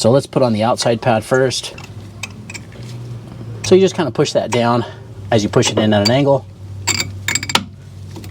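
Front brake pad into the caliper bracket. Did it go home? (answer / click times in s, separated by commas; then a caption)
yes / 7.6 s. Someone talks while pushing the outside front brake pad, with its steel backing plate and spring clip, into the caliper bracket of a 2002 Dodge Dakota SXT at an angle and pressing it down. A quick burst of sharp metallic hits follows from about 7.3 s, and the pad's clip locks into the bracket at 7.6 s, seating the pad.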